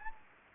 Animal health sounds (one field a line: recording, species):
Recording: mosquito wingbeat signal from an infrared sensor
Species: Anopheles gambiae